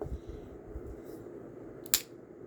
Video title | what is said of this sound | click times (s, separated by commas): Smith and Wesson buffalo horn hunting series knives and Smith and Wesson 1250 US Army issue knife | positive click nice | 1.9 s